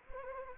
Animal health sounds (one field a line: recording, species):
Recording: mosquito wingbeat signal from an infrared sensor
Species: Anopheles gambiae